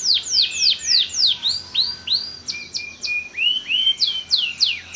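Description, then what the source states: Canary song, a lively string of sharp downslurred and looping whistles, roughly three per second, with brief flat notes between; faint low hum. Kalitan-type canary singing actively (gacor) with long song phrases (suara panjang).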